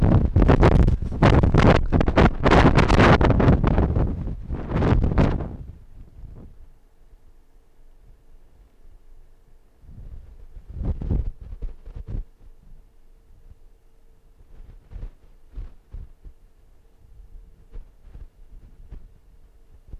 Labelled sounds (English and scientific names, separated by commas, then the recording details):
Arctic Fox (Vulpes lagopus)
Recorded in the wild
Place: Insel Mednyi, Kommandeur-Inseln, RU
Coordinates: 54.5167, 168.083
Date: 1999-08-24
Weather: 8°C, bedeckt
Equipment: Sony WM-D6C, Sennheiser ME 80, K 30 AV, Windkorb, Kopie Tascam DA 30
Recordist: Jakupi, Antje